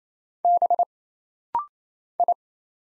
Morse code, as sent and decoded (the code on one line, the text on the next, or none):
-... / ..
B I